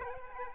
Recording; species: mosquito wingbeat signal from an infrared sensor; Aedes aegypti